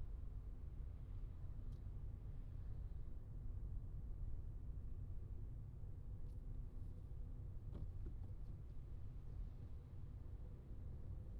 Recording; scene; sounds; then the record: everyday scene through a hearing-aid microphone; in a vehicle; engine, traffic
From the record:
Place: Skoda Fabia, gasoline engine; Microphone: in the ear canal, left